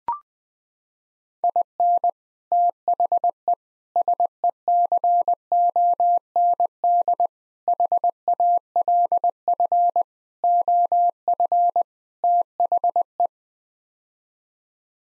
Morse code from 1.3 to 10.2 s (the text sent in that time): IN THE SECOND HALF